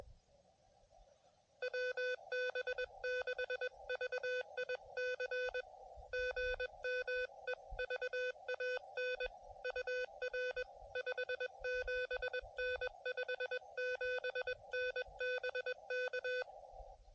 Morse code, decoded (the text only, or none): WB6VIC GM EVAN UR 57N 57N BK